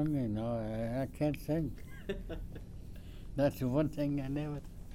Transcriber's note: chuckles